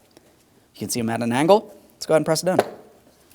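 Someone talks while a license plate light lens housing for a 2007-2014 GMC Sierra 2500 HD is held at an angle, rolled in along its locking tab side against the plastic rear bumper cover, ready to be pressed down. Only faint small handling ticks are heard near 0.2 s and 3.3 s. Nothing has seated or clicked yet.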